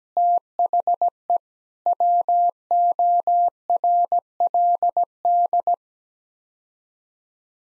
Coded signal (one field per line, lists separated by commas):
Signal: Morse code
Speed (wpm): 17 wpm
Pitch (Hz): 700 Hz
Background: none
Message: THE WORLD